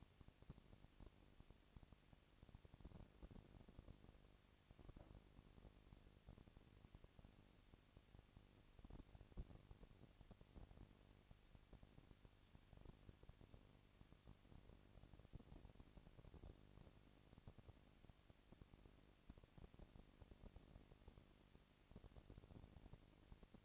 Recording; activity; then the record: daily activity, microphone in the room; no activity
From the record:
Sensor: 4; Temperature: 22.5 degrees Celsius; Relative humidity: 33.3%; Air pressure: 999.7 hPa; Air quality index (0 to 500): 231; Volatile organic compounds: 21 ppm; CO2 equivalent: 2710 ppm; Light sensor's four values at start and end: 2/3/1/1 and 2/3/1/1